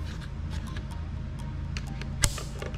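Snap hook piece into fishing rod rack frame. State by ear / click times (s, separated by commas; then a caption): seated / 2.2 s. A plastic snap hook on a Plusinno V18 free-standing fishing rod rack, made to store up to 18 rods or combos, is slid into its slot in the rack frame and pushed down. Faint shuffling and a few small taps sit over a steady low hum, then a sharp click at 2.2 s marks the hook snapping into place. The hook is confirmed seated.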